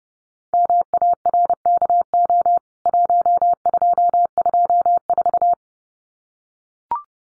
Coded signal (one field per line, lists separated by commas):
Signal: Morse code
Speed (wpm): 28 wpm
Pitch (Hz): 700 Hz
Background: none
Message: MARKO 1224